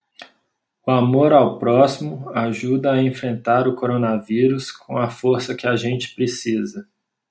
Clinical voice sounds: spoken sentence; Brazilian Portuguese; male; 40 to 49 years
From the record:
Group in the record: control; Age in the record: 42 years

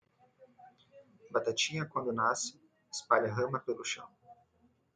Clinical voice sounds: short text; Brazilian Portuguese; male; 20 to 29 years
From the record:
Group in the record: control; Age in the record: 22 years

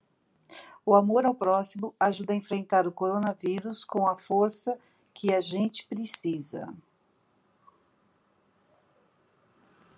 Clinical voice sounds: spoken sentence; Brazilian Portuguese; female; 60 to 69 years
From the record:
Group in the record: control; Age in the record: 65 years

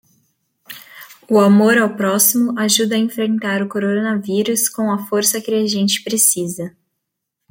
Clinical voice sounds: spoken sentence; Brazilian Portuguese; female; 20 to 29 years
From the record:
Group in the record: control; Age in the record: 21 years

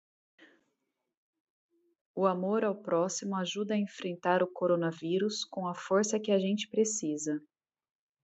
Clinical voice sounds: spoken sentence; Brazilian Portuguese; female; 40 to 49 years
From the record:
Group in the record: control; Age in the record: 40 years

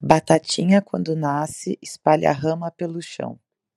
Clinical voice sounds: short text; Brazilian Portuguese; female; 20 to 29 years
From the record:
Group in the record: control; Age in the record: 29 years

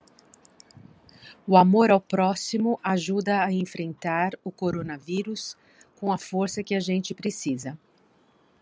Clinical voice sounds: spoken sentence; Brazilian Portuguese; female; 50 to 59 years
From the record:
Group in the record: control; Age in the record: 55 years

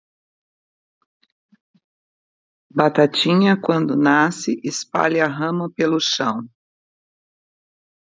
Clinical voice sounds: short text; Brazilian Portuguese; female; 60 to 69 years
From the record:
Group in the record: control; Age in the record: 65 years

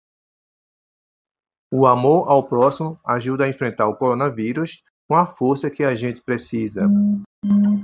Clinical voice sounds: spoken sentence; Brazilian Portuguese; male; 50 to 59 years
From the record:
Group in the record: control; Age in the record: 59 years

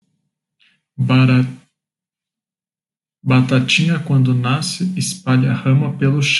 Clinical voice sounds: short text; Brazilian Portuguese; male; 20 to 29 years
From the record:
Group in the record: control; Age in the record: 26 years

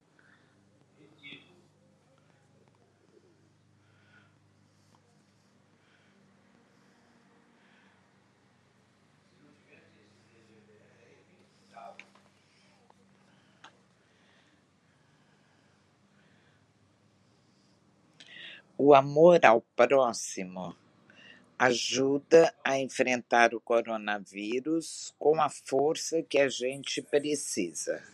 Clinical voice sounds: spoken sentence; Brazilian Portuguese; female; 60 to 69 years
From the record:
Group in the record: control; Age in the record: 67 years

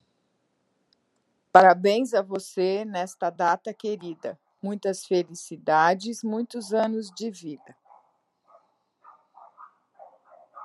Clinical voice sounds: short text; Brazilian Portuguese; female; 60 to 69 years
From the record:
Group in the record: control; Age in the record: 68 years

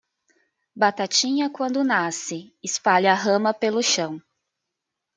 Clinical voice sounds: short text; Brazilian Portuguese; female; 30 to 39 years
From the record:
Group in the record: control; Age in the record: 34 years

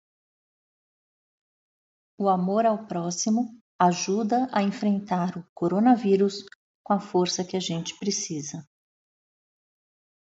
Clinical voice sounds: spoken sentence; Brazilian Portuguese; female; 50 to 59 years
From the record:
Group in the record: control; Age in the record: 51 years

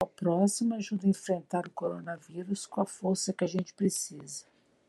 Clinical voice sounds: spoken sentence; Brazilian Portuguese; female; 60 to 69 years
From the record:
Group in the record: control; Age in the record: 66 years

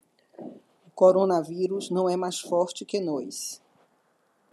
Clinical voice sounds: short text; Brazilian Portuguese; female; 60 to 69 years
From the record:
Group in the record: control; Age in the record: 62 years

